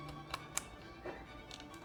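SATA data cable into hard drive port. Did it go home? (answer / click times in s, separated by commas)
yes / 0.6 s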